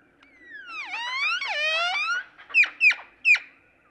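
Great-tailed grackle calls: two long sliding whistles dipping and rising, then three sharp notes.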